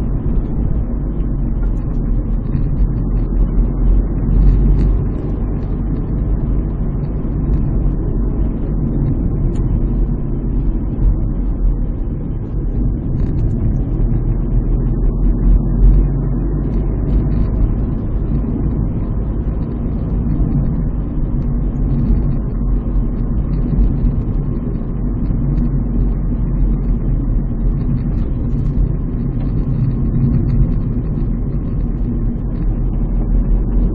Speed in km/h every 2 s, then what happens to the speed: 50, 49, 55, 56, 55, 45, 40, 47, 57, 57, 50, 51, 51, 47, 45, 43, 44.
0-8 steady at about 55. 8-11 brakes to 40. 13-18 speeds up to 57. 18-20 brakes to 50. 24-28 slows to 45. 28-34 steady at about 44.